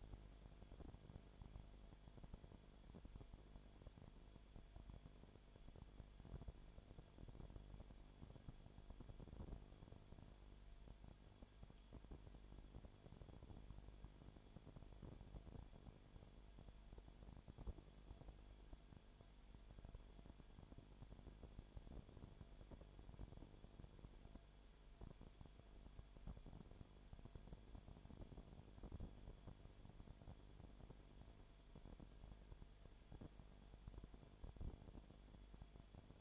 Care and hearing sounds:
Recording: daily activity, microphone in the room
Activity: no activity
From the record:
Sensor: 5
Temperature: 20.0 degrees Celsius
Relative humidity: 37.0%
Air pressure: 1007.4 hPa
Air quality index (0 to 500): 84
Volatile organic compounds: 1 ppm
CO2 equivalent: 965 ppm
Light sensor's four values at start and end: 2/3/1/1 and 2/3/1/1

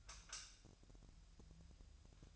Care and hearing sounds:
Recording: daily activity, microphone in the room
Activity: light off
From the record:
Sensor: 2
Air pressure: 1001.7 hPa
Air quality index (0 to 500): 249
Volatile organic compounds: 36 ppm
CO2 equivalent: 3085 ppm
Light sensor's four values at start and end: 9/25/10/10 and 4/10/4/4

